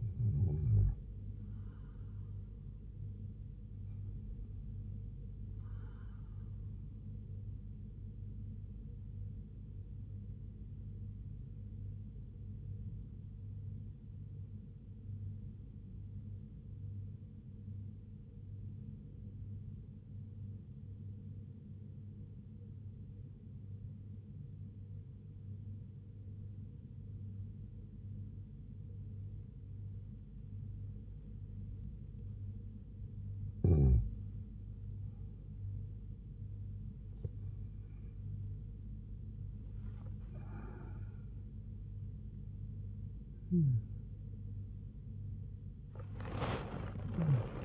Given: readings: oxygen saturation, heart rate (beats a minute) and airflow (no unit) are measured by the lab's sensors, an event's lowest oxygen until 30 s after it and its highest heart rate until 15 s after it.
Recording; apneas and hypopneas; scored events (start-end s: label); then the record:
breathing in sleep by a smartphone at the bedside; 1
10.00-33.30 s: obstructive apnea (N2, oxygen 96% highest, then 87% lowest, heart rate 70 at the start, 78 highest)
29.00-47.65 s: new sleep stage, awake
From the record:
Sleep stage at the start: N2 (light sleep); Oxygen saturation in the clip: 88 to 96%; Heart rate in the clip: 66 to 78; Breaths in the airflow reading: 7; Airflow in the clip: -6.4 to 5.8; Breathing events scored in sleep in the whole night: 158 in 7.3 hours asleep